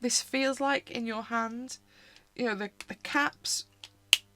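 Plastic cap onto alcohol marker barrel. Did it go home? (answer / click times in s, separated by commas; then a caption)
yes / 4.1 s. Someone talks while pushing a plastic cap onto an alcohol marker barrel. The cap closes with a sharp click at 4.1 s, seating it shut.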